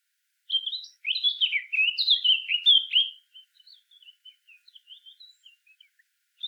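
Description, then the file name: Eurasian blackcap song: loud fluty warbled phrases for about three seconds, then fading into soft, scattered twittering notes. "Sylvia atricapilla"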